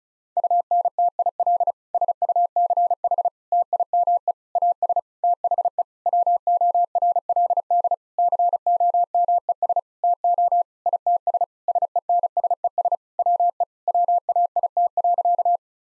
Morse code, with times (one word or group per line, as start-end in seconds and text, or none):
0.4-1.7 UNTIL
1.9-3.3 SUCH
3.5-4.3 TIME
4.6-5.0 AS
5.2-5.8 THE
6.1-7.9 WORLD
8.2-9.8 COMES
10.0-10.6 TO
10.9-11.4 ITS
11.7-12.9 SENSES
13.2-13.6 WE
13.9-15.6 WAIT.